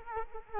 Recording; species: mosquito wingbeat signal from an infrared sensor; Culex quinquefasciatus